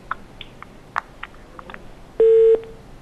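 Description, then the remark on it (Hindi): Faint clicks and line noise give way to a loud, steady mid-pitched telephone busy tone after a caller's phone call drops, a single beep lasting about a third of a second before cutting off. No one speaks. “ये कॉल हमारी ड्रॉप हो गई है जी।”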